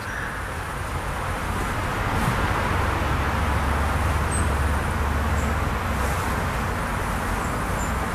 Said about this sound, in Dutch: De auto's rijden langs heel de parkeerplaats. Ja, daar gingen ze. Ja, dat komt door die auto.